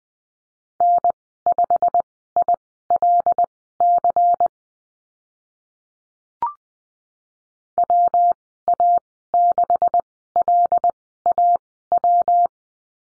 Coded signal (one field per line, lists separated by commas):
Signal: Morse code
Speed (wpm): 20 wpm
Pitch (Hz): 700 Hz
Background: none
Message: N5ILC WA6LAW